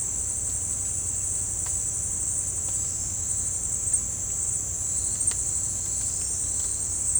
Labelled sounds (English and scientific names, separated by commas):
none